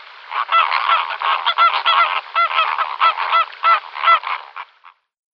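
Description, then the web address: Greater flamingo honking calls, goose-like nasal honks given in quick, irregular bursts over a steady gabble of other flamingos, ending with a few fading notes. "Schulze Peter Greater Flamingo"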